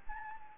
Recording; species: mosquito wingbeat signal from an infrared sensor; Anopheles gambiae